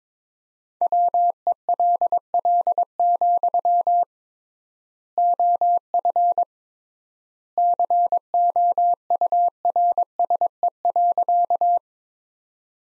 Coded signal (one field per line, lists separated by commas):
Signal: Morse code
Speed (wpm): 22 wpm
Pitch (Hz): 700 Hz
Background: none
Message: WELL, OF COURSE.